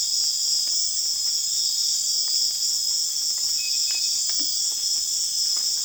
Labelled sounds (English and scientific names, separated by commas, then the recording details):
none
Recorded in secondary vegetation near Puerto Asís, Putumayo, Colombia, on 30 June 2025 at 01:00
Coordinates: 0.485, -76.322
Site GP06